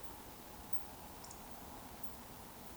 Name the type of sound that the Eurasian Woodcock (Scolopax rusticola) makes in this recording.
whistle